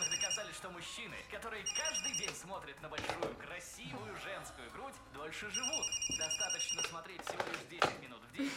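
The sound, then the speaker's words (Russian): A telephone in an office rings in repeated bright, trilling bursts separated by short pauses, while people keep talking underneath the ringing; it is at least the fifth call. “Пятый раз вам звонят. Как минимум пятый.”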